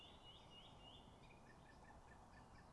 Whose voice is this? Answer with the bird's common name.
Song Thrush